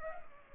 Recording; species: mosquito wingbeat signal from an infrared sensor; Culex pipiens